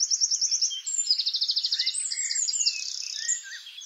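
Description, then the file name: Eurasian wren song: a rapid run of high, sharp repeated notes rolling into fast trills. "Troglodytes troglodytes"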